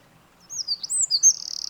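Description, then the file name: Eurasian wren song fragment: quick high whistled sweeps and slurred notes, breaking into a rapid trill just as it cuts off. "Troglodytes troglodytes"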